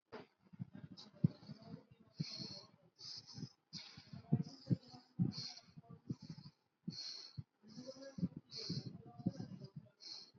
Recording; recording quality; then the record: shallow breathing; excellent, no background noise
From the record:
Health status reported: healthy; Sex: female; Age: 25 years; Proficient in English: yes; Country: India